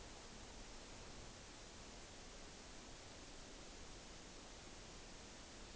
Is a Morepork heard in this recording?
no